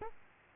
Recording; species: mosquito wingbeat signal from an infrared sensor; Culex quinquefasciatus